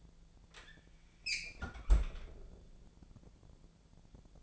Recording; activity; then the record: daily activity, microphone in the room; close fridge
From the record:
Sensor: 5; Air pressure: 1000.2 hPa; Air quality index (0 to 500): 106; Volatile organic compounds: 1 ppm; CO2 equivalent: 852 ppm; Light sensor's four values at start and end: 229/544/231/252 and 224/533/227/247